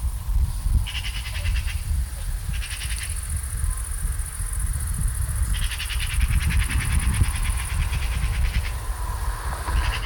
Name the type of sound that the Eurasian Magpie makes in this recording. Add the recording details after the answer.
call. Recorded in the wild. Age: adult. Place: Treuchtlingen, Naturpark Altmühltal, Bayern, DE. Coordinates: 48.96, 10.91. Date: 1993-09-19 16:09. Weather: 20,5°C, Sonnig. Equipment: Marantz CP 430, Sennheiser MKH 416 T, Kopie Uher Variocord 263. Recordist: Tembrock, Günter